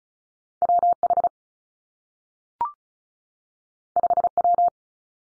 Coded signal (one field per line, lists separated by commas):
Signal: Morse code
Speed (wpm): 36 wpm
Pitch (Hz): 700 Hz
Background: none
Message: W H 5 W